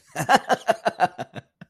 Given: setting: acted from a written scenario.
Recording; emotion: vocal sound without words; amusement